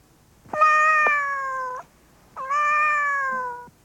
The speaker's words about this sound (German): Katze? Die Katze.